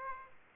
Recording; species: mosquito wingbeat signal from an infrared sensor; Aedes aegypti